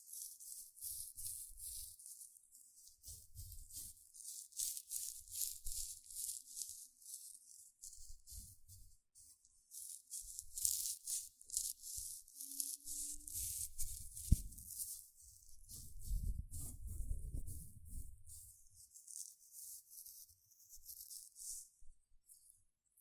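Gentle scratching runs throughout as a continuous bright, hissy texture, pulsing in quick irregular strokes. Soft low thumps and rubbing sounds come and go underneath, with a brief hum near 13 seconds, a sharp click around 14 seconds, and a fuller rumble near 16–18 seconds.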